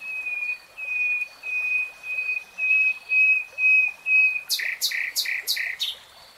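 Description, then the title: Nightingale song: a slow series of long, pure, level whistles, each separated by a short gap, followed by a quick burst of loud, harsh repeated notes. Singing in real time. "[Tiếng chim hót] 3 Hours REALTIME Nightingale Singing"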